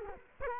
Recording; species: mosquito wingbeat signal from an infrared sensor; Culex quinquefasciatus